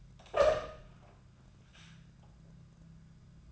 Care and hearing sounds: daily activity, microphone in the room; open door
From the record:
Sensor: 2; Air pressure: 1004.8 hPa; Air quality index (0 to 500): 73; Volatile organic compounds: 1 ppm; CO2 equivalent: 867 ppm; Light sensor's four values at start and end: 7/17/7/7 and 7/17/7/7

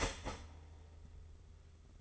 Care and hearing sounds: daily activity, microphone in the room; start toaster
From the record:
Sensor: 4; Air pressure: 991.5 hPa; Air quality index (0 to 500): 136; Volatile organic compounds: 54 ppm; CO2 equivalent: 3343 ppm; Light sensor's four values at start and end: 19/62/23/23 and 19/62/23/23

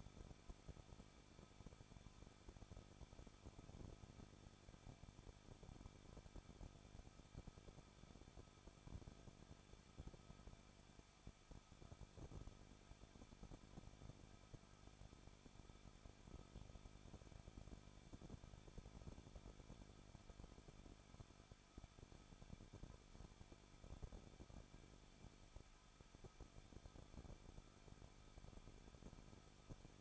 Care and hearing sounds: daily activity, microphone in the room; no activity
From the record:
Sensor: 5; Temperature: 20.8 degrees Celsius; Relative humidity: 38.6%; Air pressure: 1006.5 hPa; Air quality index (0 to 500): 191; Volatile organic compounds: 20 ppm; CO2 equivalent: 2702 ppm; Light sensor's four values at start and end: 2/3/1/1 and 2/3/1/1

